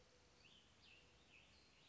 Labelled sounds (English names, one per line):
Cassin's Vireo